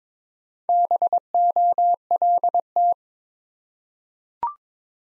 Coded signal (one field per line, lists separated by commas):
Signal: Morse code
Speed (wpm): 22 wpm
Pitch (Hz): 700 Hz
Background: none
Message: BOLT